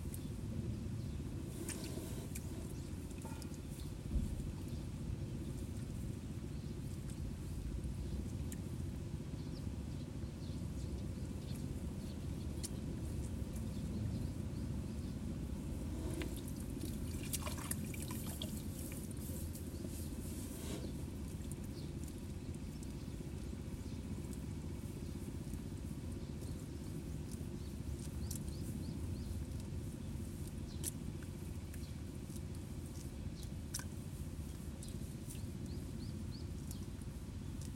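Water stirs in a flooded rice seedling bed over a constant low rumble that runs the whole time. Brief bright splashes and sharp bursts break through now and then, near the start, around sixteen to twenty-one seconds, and again near thirty-three seconds.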